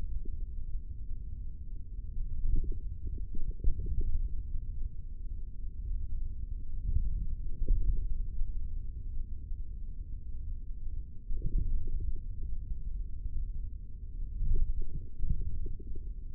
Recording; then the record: forearm muscle sounds (acoustic myography)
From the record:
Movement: index flexion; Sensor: system 3, bracelet of six PUI Audio POM-2738L microphones around the upper forearm, with dedicated amplification and filtering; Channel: 5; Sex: male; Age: 43 years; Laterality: right